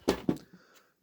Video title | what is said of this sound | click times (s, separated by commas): Get Ready To Blast Some Serious Fun With The Dart Zone V-twin Blaster! | Une fois que les deux clips ils sont mis, voilà, c'est pas compliqué. | 0.1 s, 0.3 s